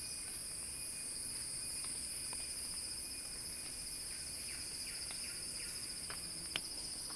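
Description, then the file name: Cicadas in a steady, shrill high buzz of layered tones, unbroken throughout, with faint short downward chirps beneath and one sharp click near the end. Cicadas singing in a crescendo. "Axel-Drioli Cicada-Crescendo-Sounding-Wild"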